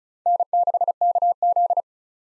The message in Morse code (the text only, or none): N6KZ